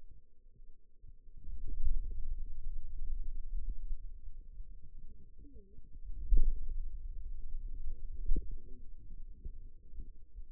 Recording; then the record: forearm muscle sounds (acoustic myography)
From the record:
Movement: finger pinch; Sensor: system 2, bracelet of six BSWA MPA416 microphones around the upper forearm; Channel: 3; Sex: female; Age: 21 years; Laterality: right